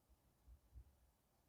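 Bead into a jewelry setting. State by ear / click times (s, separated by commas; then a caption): not seated / none. Small beads are pressed into a jewelry setting, with only faint low thumps around 0.1, 0.5 and 0.8 seconds over a quiet background. The beads do not snap into place, and nothing has seated or clicked yet.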